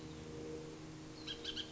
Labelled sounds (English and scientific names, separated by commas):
Bullock's Oriole (Icterus bullockii)